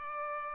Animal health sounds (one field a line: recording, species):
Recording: mosquito wingbeat signal from an infrared sensor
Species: Culex pipiens